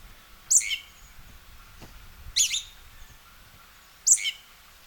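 Western red-legged thrush calling: three abrupt, high, slightly descending notes, each followed by a quick lower tail, nearly two seconds apart.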